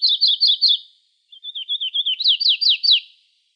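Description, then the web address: Warbler singing high, bright notes: an opening run of even chips, a pause, then a wavering string that swells into sharper, stronger downslurred notes. Recorded in Arizona. "Other Warblers. deviche"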